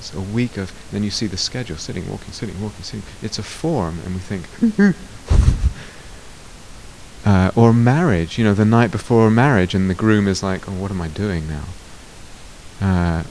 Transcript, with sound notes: And then you see the schedule: sitting, walking, sitting, walking. It's a form, and we think.... [nervous noise] Or marriage. You know, the night before marriage, and the groom is like, "What am I doing now?"